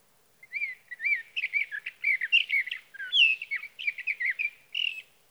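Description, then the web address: Sage thrasher song, a rapid run of warbled, slurred notes with quick rising and falling whistles, continuing for about four and a half seconds without a pause. "birdsongforthecurious Sage Thrasher"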